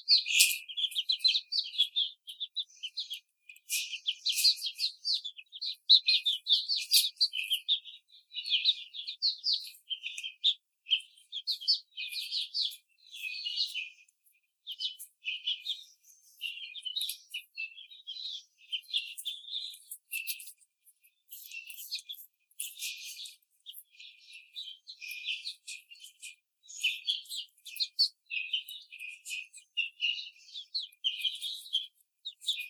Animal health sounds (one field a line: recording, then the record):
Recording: young laying hens in a cage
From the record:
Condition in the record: treatment cage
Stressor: simulated dog barking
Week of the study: 5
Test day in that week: 1